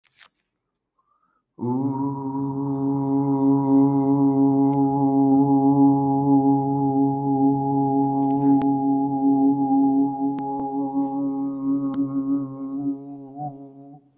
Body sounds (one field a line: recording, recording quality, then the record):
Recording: sustained vowel as in boot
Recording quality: excellent, no background noise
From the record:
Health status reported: respiratory illness, not identified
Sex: male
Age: 34 years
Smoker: yes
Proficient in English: yes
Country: India